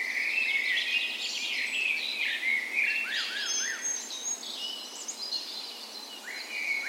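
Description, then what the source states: Chorus of songbirds at daybreak, with rapid twittering, a few short arched notes near three seconds, and steady overlapping song throughout. Dawn chorus in a park west in Bergen, Norway, on the morning of 17 May, Norway's National Day, in spring; recorded with a Sony PCM A10 and LOM micro Usi mics as 'tree ears'.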